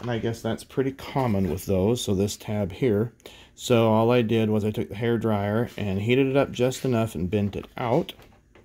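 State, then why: Not seated. Someone talks while handling the plastic canopy of a 1984 Kenner Imperial Shuttle toy spaceship, whose tab was heated with a hair dryer and bent out so it will snap into its slot in the fuselage. Only speech and faint handling sounds are heard, and nothing has seated or clicked yet.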